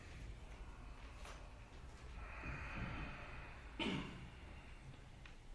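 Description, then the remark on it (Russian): A slow, hissing ujjayi yogic breath swells for a couple of seconds with a throaty, ocean-like rasp, then ends in a short, sharper exhale, soft and steady under a quiet background hum. “Поехали, дышим, уджайи.”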